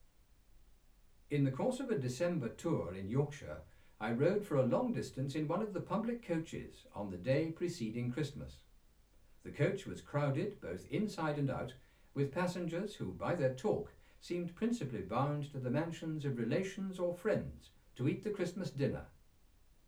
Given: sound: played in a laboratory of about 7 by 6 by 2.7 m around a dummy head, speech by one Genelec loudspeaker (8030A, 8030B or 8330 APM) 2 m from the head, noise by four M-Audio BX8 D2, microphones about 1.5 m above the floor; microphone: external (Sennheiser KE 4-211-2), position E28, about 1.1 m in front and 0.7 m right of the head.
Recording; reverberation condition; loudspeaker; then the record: male speech in English; low; 120 degrees to the left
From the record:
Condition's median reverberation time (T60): about 310 ms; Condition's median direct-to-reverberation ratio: about 3.5 dB